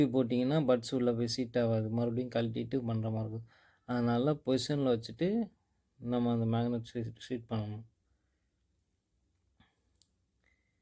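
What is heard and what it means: Someone talks while lining up the magnet and internals of a Boat Airdopes 138 earbud before they go into its plastic housing, followed by a few faint, brief taps around 9.0 and 10.0 seconds. Nothing has seated or clicked yet; the earbud shell is still being positioned before snapping shut.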